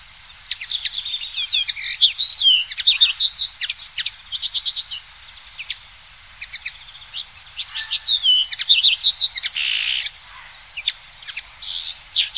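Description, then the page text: Common linnet song in two long phrases of twittering chirps, trills and sweet whistled slurs separated by a short pause. "Common Linnet SongTornirisk Коноплянка Linotte. knut the bird nerd"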